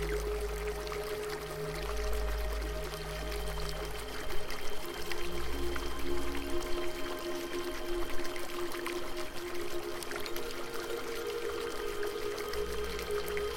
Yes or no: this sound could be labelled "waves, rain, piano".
yes